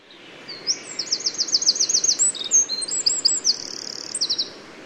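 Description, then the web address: Eurasian wren delivering a loud, rapid high-pitched song of fast trills and ringing notes, continuing for about four seconds over low background noise. "SETE Troglodytes troglodytes"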